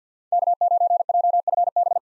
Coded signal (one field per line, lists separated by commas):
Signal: Morse code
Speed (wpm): 48 wpm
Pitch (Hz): 700 Hz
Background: none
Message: K9JFB